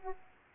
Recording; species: mosquito wingbeat signal from an infrared sensor; Aedes aegypti